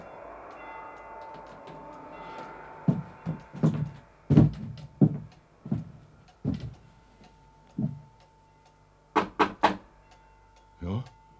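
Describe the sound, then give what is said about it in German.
A stranger knocks on a door in an uneven series of sharp raps, some grouped in quick pairs, with pauses between, over a faint steady hum. “So ein Klopfer ist bei mir nicht der Brauch.”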